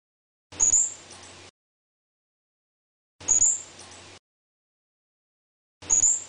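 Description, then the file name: Squirrel squeaks: a single shrill, very high note repeated three times, each roughly two and a half seconds after the last, with silence between. "suara bajing. omkicau"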